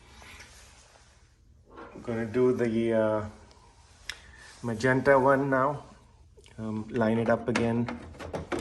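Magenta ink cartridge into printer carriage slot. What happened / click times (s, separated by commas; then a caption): The cartridge is being lined up but has not seated yet / none. A magenta plastic ink cartridge is lined up with the carriage slot of an HP OfficeJet Pro 8010 to 8035e series printer while someone talks, with brief plastic handling taps, the sharpest near 4.1 s and a couple more at the end. The cartridge has not seated or clicked into place yet.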